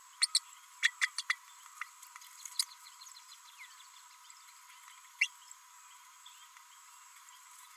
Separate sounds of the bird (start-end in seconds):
0.20-0.27, 0.34-0.39, 0.82-0.91, 1.01-1.08, 1.18-1.22, 1.29-1.35, 2.59-2.62, 5.21-5.27